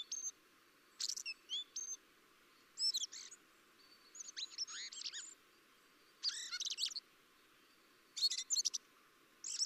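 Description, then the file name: Common blackbird giving scattered bursts of thin, high chirps and downslurred squeaky notes, with short silences between the bursts. "Turdus merula"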